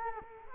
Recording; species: mosquito wingbeat signal from an infrared sensor; Culex quinquefasciatus